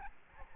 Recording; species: mosquito wingbeat signal from an infrared sensor; Aedes albopictus